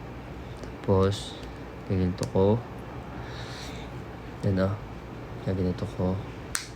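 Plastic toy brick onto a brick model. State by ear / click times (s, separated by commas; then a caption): seated / 6.6 s. Someone talks while pressing a plastic toy brick into position on a plastic brick model of a Pikachu figure. A sharp, short snap is heard at 6.6 seconds as the brick locks in place and is seated.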